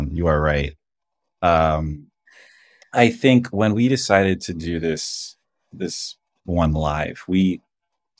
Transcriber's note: none